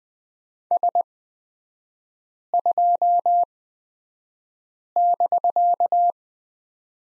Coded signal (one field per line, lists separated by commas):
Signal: Morse code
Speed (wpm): 20 wpm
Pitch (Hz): 700 Hz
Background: none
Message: S2<BK>